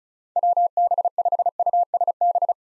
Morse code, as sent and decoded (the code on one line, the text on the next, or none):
.-- -... ..... ..- ... -...
WB5USB